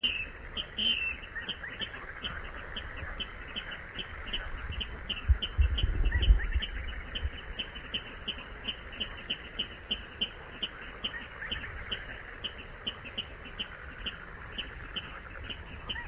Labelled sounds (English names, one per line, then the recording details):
Little Crake call
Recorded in the wild
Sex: female
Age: adult
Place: Kützerhof, Kummerower See, Mecklenburg-Vorpommern, DE
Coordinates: 53.85, 12.85
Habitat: wetland
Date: 2009-06-17
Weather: leicht bewölkt, schwacher Wind aus West, ca. 10 °C
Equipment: Sound Devices 702, Sennheiser MKH 70, Popschutz
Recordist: Frommolt, Karl-Heinz